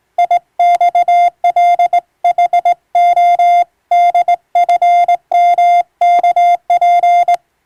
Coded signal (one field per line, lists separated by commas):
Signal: Morse code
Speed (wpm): 21 wpm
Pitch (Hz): 700 Hz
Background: none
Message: IXLHO DFMKP